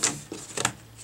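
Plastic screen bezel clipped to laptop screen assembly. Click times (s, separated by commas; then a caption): 0.0 s, 0.6 s. Fingertips pull the plastic screen bezel up and out around the lid of an Acer Chromebook 15 C910, where it is clipped to the screen assembly with no screws. Sharp snaps are heard at 0.0, 0.6 and 0.7 seconds over a soft rubbing sound. The bezel's clips snap free and the bezel is released.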